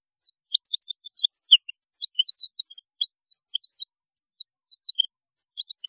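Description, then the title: European goldfinch song, scattered thin high chirps and liquid twitters repeated irregularly across the whole stretch. "Chant Chardonneret"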